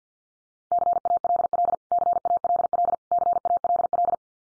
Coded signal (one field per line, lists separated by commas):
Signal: Morse code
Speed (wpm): 48 wpm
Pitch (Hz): 700 Hz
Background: none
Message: CALL CALL CALL